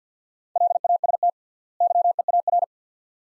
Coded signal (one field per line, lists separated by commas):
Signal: Morse code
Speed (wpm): 50 wpm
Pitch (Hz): 700 Hz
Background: none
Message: LAST YEAR